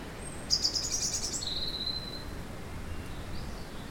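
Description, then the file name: European robin giving a single phrase: a brief rapid twittering burst followed by a long, thin, high whistle, then quiet with faint background noise. "Erithacus rubecula"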